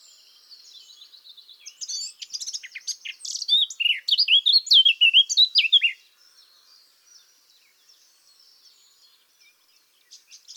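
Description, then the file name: Eurasian blackcap warbling song: a soft, scratchy chatter builds into a loud, fast burst of varied whistled notes from about two to six seconds, then drops to quiet. "Sylvia atricapilla"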